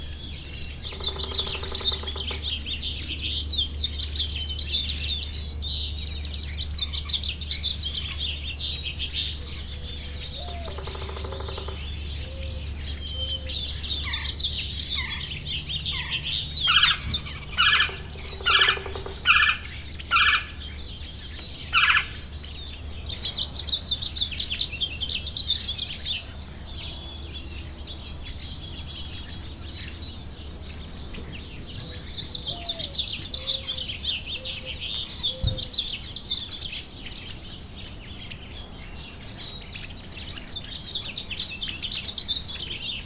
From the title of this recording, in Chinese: 丛林里的白杨树下倾听自然的声音_美国圣得罗河河岸保护区